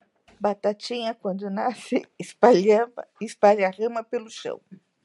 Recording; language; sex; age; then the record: short text; Brazilian Portuguese; female; 40 to 49 years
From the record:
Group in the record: control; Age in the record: 49 years